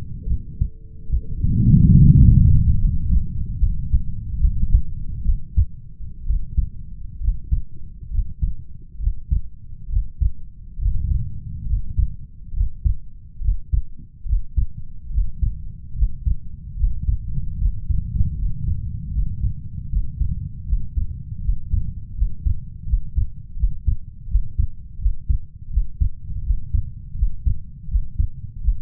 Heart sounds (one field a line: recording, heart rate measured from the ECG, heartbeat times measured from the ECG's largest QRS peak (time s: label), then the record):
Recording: heart sounds by stethoscope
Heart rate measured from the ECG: 74 bpm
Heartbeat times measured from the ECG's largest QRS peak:
0.27 s: heartbeat
1.09 s: heartbeat
2.02 s: heartbeat
2.78 s: heartbeat
3.59 s: heartbeat
4.40 s: heartbeat
5.24 s: heartbeat
6.26 s: heartbeat
7.20 s: heartbeat
8.10 s: heartbeat
8.99 s: heartbeat
9.88 s: heartbeat
10.78 s: heartbeat
11.66 s: heartbeat
12.53 s: heartbeat
13.40 s: heartbeat
14.25 s: heartbeat
15.10 s: heartbeat
15.94 s: heartbeat
16.75 s: heartbeat
17.57 s: heartbeat
18.35 s: heartbeat
19.11 s: heartbeat
19.89 s: heartbeat
20.65 s: heartbeat
21.41 s: heartbeat
22.14 s: heartbeat
22.85 s: heartbeat
23.56 s: heartbeat
24.27 s: heartbeat
24.98 s: heartbeat
25.69 s: heartbeat
26.42 s: heartbeat
27.14 s: heartbeat
27.87 s: heartbeat
28.60 s: heartbeat
From the record:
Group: healthy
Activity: rest 0-4 s, Valsalva maneuver 4-29 s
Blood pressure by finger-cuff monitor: 116/80 mmHg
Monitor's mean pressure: 86 mmHg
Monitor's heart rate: 74 bpm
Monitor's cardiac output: 5.2 L/min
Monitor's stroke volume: 73 mL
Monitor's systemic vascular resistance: 1010 dyn s/cm5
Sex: male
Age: 21 years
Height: 170 cm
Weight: 71 kg